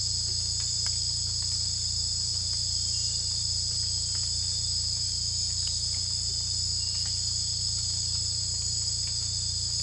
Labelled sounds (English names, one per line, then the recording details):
none
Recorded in secondary vegetation near Puerto Asís, Putumayo, Colombia, on 18 December 2024 at 00:00
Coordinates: 0.484, -76.319
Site GP06